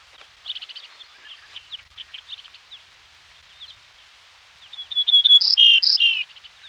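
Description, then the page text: Grey-necked bunting song, a short phrase of a few loud, clear notes near the end, with soft scattered chirps before it. "Grey-Necked Bunting Song. Quick Sounds"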